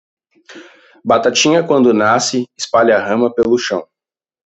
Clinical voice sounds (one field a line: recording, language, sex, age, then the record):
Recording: short text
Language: Brazilian Portuguese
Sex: male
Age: 20 to 29 years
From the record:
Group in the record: control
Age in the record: 27 years